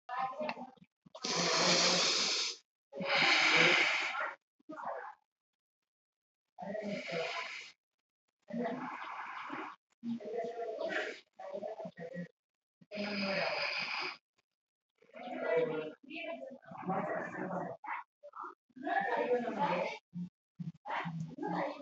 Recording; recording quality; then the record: deep breathing; excellent, no background noise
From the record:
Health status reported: healthy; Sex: male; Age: 36 years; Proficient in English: yes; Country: India